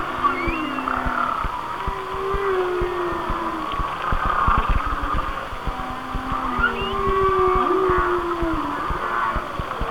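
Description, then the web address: Whale song with long wavering moans and higher swooping whistles under a continuous crackle of clicks and ticking. "Whale Songs Whale Songs- Mike Mc Donald"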